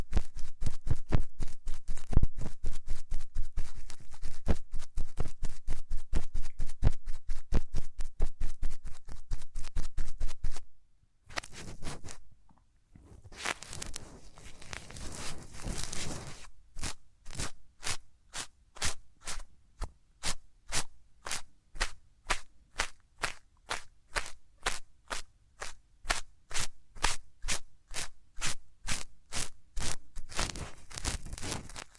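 Hands rub over the ears in quick, dense, crackly strokes for about ten seconds, then stop briefly. A softer, smoother swishing follows, and from around sixteen seconds the rubbing settles into slower, evenly spaced scratchy strokes, each with a crunchy texture, until the end.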